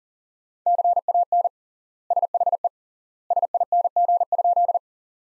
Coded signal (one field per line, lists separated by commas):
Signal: Morse code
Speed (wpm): 42 wpm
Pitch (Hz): 700 Hz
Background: none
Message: CAN SHE SING?